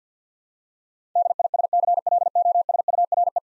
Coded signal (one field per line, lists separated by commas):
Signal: Morse code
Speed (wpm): 52 wpm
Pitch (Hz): 700 Hz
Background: none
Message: DISCLOSURE